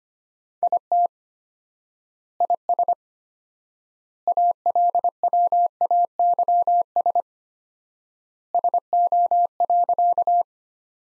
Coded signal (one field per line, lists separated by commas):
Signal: Morse code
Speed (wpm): 25 wpm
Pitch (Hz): 700 Hz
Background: none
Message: IT IS ALWAYS SO.